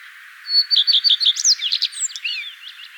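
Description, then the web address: Common redstart song: a high thin whistle, then three quick repeated notes, breaking into a fast scratchy jumble of twittering phrases. "vogelstimmen gartenrotschwanz gesang nabu lars lachmann"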